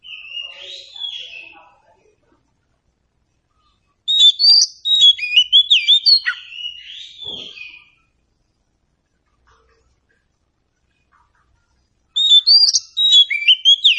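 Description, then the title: Oriental magpie-robin song: a soft warble, then a loud burst of sharp whistles and chattering notes, silence, and another energetic phrase. Indonesian title says it is meant to make magpie-robins sing in reply. "Nyaut Kacer"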